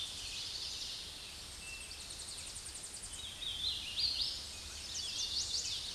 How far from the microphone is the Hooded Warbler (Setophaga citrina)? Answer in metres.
about 65 m